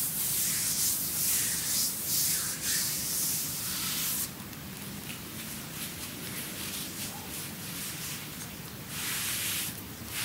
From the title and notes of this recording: ASMR Creamy Full Body Massage by Adel.